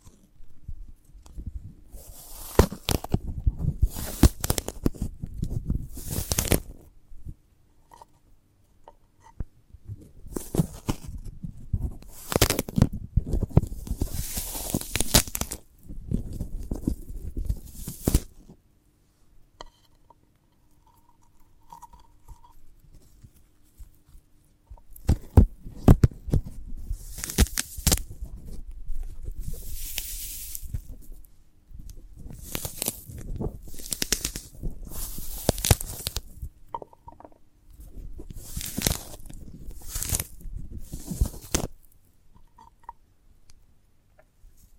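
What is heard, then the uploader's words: A sprouted coconut is handled in bursts of crisp tearing and crunching, with a quiet lull near twenty seconds before dense crackling resumes. ASMR of a Sprouted Coconut (No Talking).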